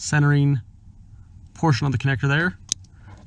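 The male end of a throttle controller's plastic harness connector is pushed onto the OEM accelerator pedal harness connector while someone talks. A sharp click at 2.7 s marks it seating fully, snapping into place before the red locking tab is pushed down.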